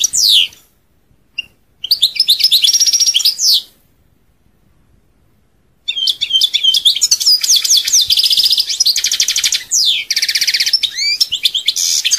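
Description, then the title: European goldfinch song: a brief opening note, a twittering phrase, a pause, then a long continuous run of tinkling notes and buzzy trills. "Chant Chardonneret"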